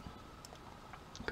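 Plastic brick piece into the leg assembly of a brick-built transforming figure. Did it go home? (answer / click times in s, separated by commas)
yes / 1.3 s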